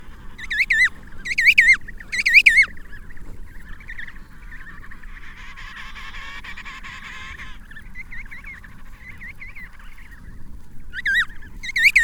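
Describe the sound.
Penguin calls in loud wavering harmonic bursts, three at the start and two at the end, with a buzzy chorus and softer honks between them.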